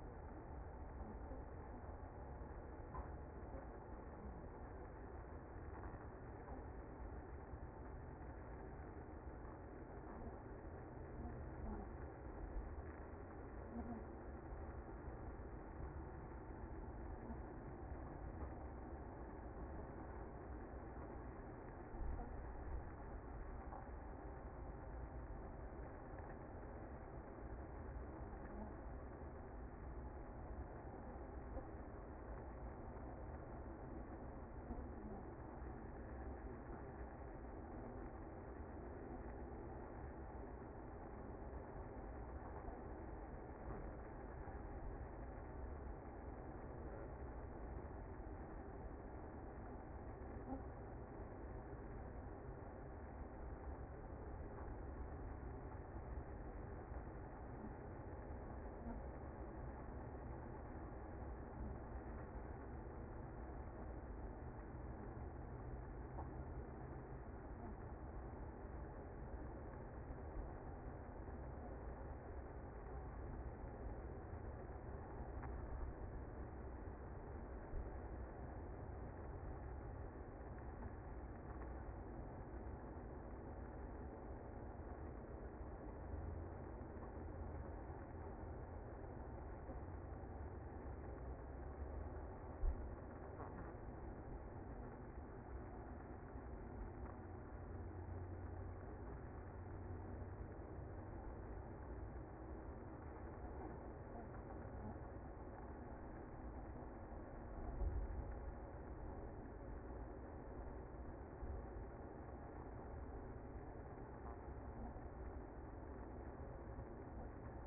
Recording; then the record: honeybee colony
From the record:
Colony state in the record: active